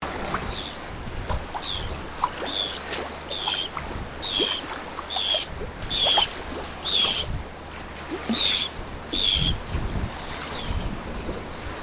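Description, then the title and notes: Arctic tern giving harsh, grating calls in a loose series, roughly one a second, over a low steady hum. "Arctic Tern Sterna paradisaea. Roland Neumann"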